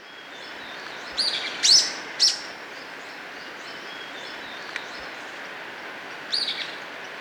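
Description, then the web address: Golden-crowned flycatcher giving a few high squeaky notes in a quick cluster, then a pause and one more, with a steady background hiss. Recorded in Ecuador. "Natures Songs S America Birds of Ecuador. Golden-Crowned Flycatcher"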